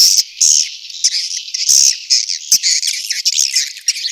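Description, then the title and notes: Swiftlet twittering, sustained high buzzy chirps rising and falling in loudness, with occasional sharper clicks. Asia; recording used in swiftlet farming to attract birds. "Swiflet Bird Sound. Farming Swiflet Bird asia sound"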